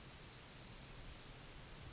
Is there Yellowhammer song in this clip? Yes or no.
no